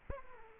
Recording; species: mosquito wingbeat signal from an infrared sensor; Aedes aegypti